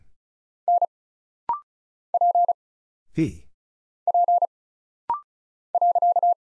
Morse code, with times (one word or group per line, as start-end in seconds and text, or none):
0.7-0.8 N
2.1-2.5 P
4.1-4.5 P
5.7-6.3 .